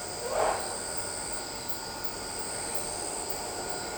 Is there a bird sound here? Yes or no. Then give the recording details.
no. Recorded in shrubland near Pivijay, Magdalena, Colombia, on 13 April 2023 at 19:30. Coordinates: 10.453, -74.365. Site P5-G022